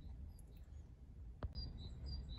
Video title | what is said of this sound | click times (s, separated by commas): Audi A2 1999 - 2005 radio removal & double din screen refit guide | and you should hear it click sometimes there's a bit of a jiggle to get this work but normally not too bad | 1.4 s